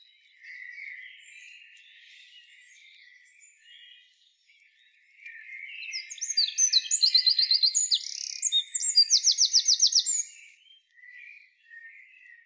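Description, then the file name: Eurasian wren singing an explosive, high-pitched run of rapid trills and rattles for about five seconds, with softer bird twittering before and after. "Troglodytes troglodytes"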